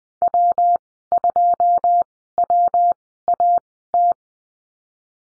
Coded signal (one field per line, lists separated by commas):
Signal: Morse code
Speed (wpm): 19 wpm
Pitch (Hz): 700 Hz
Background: none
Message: W2WAT